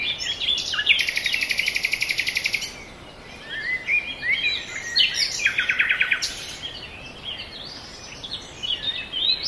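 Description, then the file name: Birdsong with a long, loud buzzy trill near the start, scattered chirps, and a second shorter trill later, over soft background hiss. Forest birds. "ASMR Nature Noise - Forest Birds"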